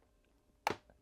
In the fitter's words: and make sure you hear the click. There it is.